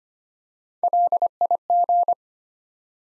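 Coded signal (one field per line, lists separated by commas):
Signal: Morse code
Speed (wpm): 25 wpm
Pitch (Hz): 700 Hz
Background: none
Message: LIG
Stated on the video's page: Morse Code Ninja practice set at 25 wpm, building 3- to 5-letter words one letter at a time.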